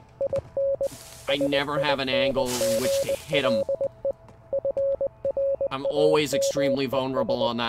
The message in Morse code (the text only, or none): IN SINGLE FRAMES